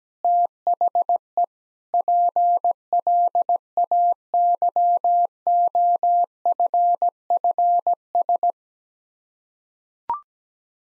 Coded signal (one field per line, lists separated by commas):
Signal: Morse code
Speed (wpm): 17 wpm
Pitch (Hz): 700 Hz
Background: none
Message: THE PLAYOFFS